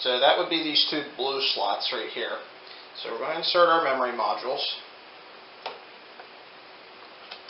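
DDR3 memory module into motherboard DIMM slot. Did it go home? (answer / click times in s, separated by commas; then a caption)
no / none. Someone talks while handling the first DDR3 memory stick at the blue DIMM slots on a motherboard, followed by a quiet stretch with brief light ticks near 5.7, 7.3 and 7.5 seconds. The module is handled but not yet home: nothing has seated or clicked yet.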